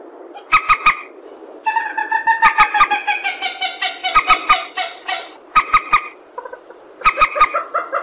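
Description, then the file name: Purple swamphen giving quick clusters of sharp clicking notes around a long series of nasal cackles. "tieng trich re keu"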